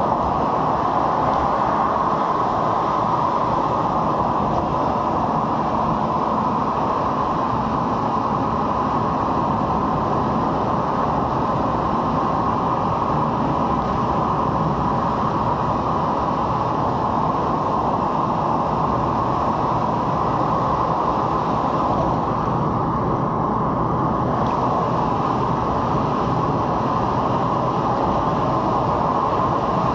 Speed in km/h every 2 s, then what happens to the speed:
80, 81, 79, 77, 79, 80, 81, 79, 81, 83, 84, 86, 87, 89, 91.
0-14 steady at about 79. 14-30 speeds up to 91.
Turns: none.